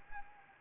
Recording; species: mosquito wingbeat signal from an infrared sensor; Anopheles arabiensis